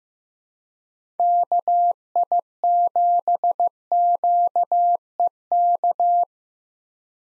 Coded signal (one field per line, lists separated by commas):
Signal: Morse code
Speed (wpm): 15 wpm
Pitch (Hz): 700 Hz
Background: none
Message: KI7QEK